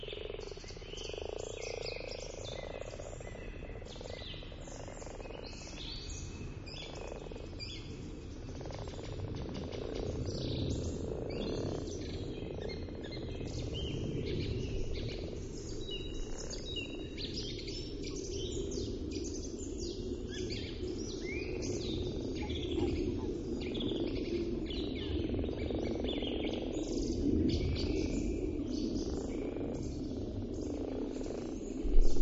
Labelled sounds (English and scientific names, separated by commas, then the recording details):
Common Frog (Rana temporaria) call
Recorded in the wild
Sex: male
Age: adult
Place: Brunow, Gamengrund, Brandenburg, DE
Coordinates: 52.7264, 13.8958
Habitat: lake
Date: 1995-04-16 20:24
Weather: Luft: 5°C, Wasser: 5 °C, bedeckt
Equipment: Sony TCD-D3, Sennheiser ME 80, K 30 AV, Stativ und Windkorb
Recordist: Frommolt, Karl-Heinz